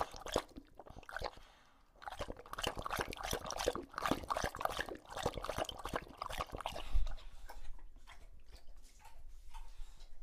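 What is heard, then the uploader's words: A bulldog laps water from a bowl in quick wet slurps that come in dense bursts through most of the clip. A brief pause falls near two seconds, a louder knock near seven, and the lapping thins toward the end. English Bulldog Drinks from Water Bowl.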